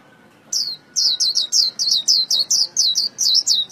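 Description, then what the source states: White-eye song: an energetic string of high, slurred chirps delivered quickly and almost without pause. Vietnamese song style called khuyên líu.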